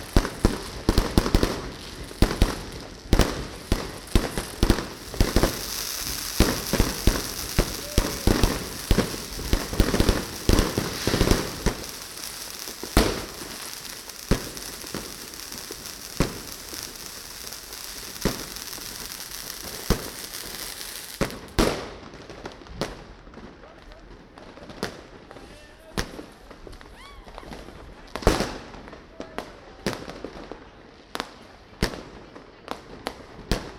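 New Year's Eve fireworks crackle and pop constantly outdoors, with dense, rapid bangs thickest in the first ten seconds. Sharp reports continue irregularly throughout, some loud. After about twenty-one seconds the background hiss drops, leaving duller, scattered explosions.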